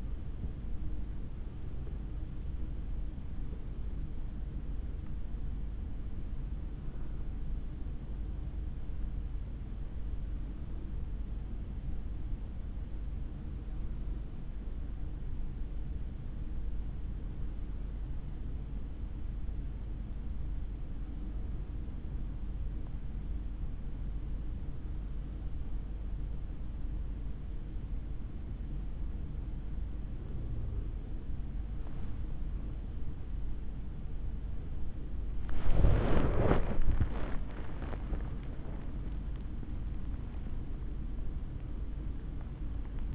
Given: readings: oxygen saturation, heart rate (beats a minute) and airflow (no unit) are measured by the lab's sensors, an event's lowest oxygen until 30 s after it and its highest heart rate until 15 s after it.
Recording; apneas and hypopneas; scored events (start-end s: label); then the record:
breathing in sleep by a smartphone at the bedside; 1
7.00-35.70 s: hypopnea (N2, oxygen 94% highest, then 93% lowest, heart rate 66 at the start, 86 highest)
34.00-43.15 s: new sleep stage, N1 (lightest sleep)
From the record:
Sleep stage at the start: N2 (light sleep); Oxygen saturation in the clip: 92 to 94%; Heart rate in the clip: 59 to 86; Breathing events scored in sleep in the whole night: 160 in 9.3 hours asleep